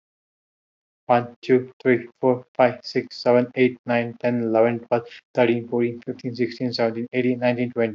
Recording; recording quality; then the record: counting at a fast pace; excellent, no background noise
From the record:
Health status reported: healthy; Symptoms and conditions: diabetes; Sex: male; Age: 38 years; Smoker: not ticked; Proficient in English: yes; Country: India